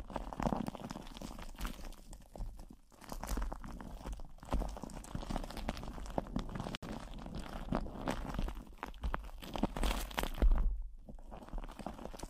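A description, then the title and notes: Plastic wrap crinkles and crunches against the microphone in dense, uneven bursts of crackling that run nearly the whole twelve seconds. Brief near-silent gaps fall around three, four and a half, and eleven seconds, and a low rumbling thump sits underneath throughout. PLASTIC WRAP ON THE MIC (EXTRA TINGLY).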